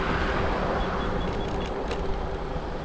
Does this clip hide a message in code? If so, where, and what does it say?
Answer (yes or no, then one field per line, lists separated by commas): no